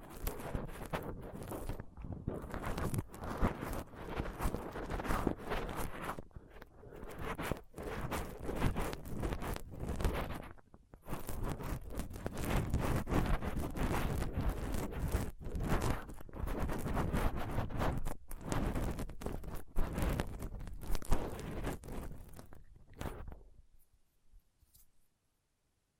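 Scraping and picking at a microphone with a dental pick, tweezers and a cotton swab: dense, rough scratching that fills the first twenty-three seconds, broken by brief silent gaps near 2, 6.5 and 10.5 seconds. Afterward the scratching thins to faint taps, then stops.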